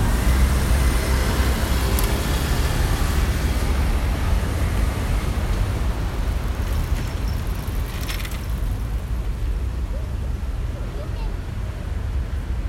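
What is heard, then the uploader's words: Outdoor ambience at Tokyo Olympic Stadium in Shinjuku, with a steady, dense roar of traffic carrying a heavy low rumble throughout. A murmur of voices sits under the noise, and brief brighter sounds break through near the two-second and eight-second marks. Tokyo Olympic Stadium (Day Opening). Field-recorded at Tokyo Olympic Stadium, Shinjuku. An arranged ambient track by kaolu_euphony from the sound materials field-recorded at several places in Tokyo.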